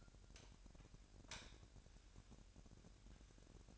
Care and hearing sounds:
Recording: daily activity, microphone in the room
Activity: light on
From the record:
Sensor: 2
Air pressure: 1011.8 hPa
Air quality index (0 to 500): 208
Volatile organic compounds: 3 ppm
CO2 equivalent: 1466 ppm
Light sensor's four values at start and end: 10/23/10/10 and 14/37/15/15

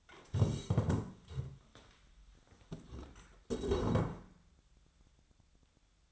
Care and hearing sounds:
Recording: daily activity, microphone in the room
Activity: stand up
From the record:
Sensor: 3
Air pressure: 1015.2 hPa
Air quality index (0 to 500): 139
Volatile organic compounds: 7 ppm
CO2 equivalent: 1969 ppm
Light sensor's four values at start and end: 13/31/13/13 and 15/38/15/16

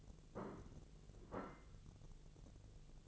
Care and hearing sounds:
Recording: daily activity, microphone in the room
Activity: place plate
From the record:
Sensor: 4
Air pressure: 1001.0 hPa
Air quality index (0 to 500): 143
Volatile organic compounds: 2 ppm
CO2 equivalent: 1056 ppm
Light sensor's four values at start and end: 26/63/26/27 and 26/63/26/27

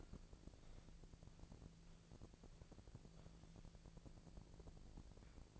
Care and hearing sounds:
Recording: daily activity, microphone in the room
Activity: walk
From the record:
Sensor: 5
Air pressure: 1012.2 hPa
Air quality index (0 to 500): 156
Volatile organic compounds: 2 ppm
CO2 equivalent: 1068 ppm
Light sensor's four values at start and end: 334/805/343/382 and 331/797/340/379

